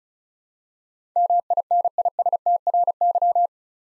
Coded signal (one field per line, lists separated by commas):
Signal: Morse code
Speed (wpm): 36 wpm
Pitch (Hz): 700 Hz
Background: none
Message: MINISTRY